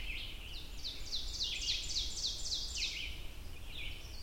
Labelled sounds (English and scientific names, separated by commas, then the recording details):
Ovenbird (Seiurus aurocapilla) song
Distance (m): 40 m
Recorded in boreal forest in Alberta, Canada, on 22 June 2016 at 05:14
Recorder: SongMeter 3, array SBT-6-76
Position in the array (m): 150 m, 99 m
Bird 3